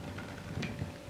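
A part of an Ashford Traveller 3 spinning wheel is pushed to the back and twisted into its mount, after several awkward attempts. A soft knock at 0.2 s is followed by a sharper click at 0.6 s as the twist-lock part seats in place.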